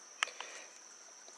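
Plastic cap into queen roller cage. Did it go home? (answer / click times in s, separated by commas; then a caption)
yes / 0.2 s. A plastic cap is pushed into the end of a plastic queen roller cage and snaps in with a sharp click at 0.2 s, followed by a fainter tick at 0.4 s over a steady high-pitched background tone. The cap is seated in the cage.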